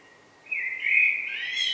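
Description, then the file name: Common blackbird song phrase, a smooth whistle starting after a short silence and rising to a higher, thinner ending. "Turdus merula"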